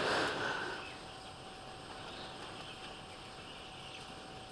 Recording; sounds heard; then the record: poultry house recording; healthy chickens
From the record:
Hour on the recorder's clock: 14